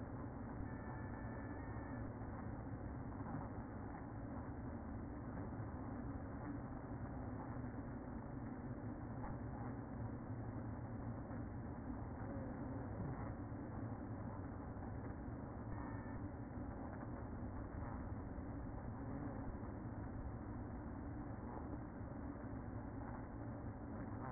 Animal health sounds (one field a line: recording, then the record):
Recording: honeybee colony, microphone inside the hive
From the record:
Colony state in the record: queen present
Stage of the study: after two queens were removed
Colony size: about 60,000 bees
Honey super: yes